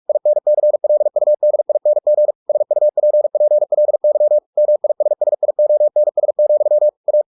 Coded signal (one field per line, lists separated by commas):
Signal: Morse code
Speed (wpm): 46 wpm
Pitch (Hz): 600 Hz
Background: none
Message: INCLUDING SUPPLY MISSIONS, A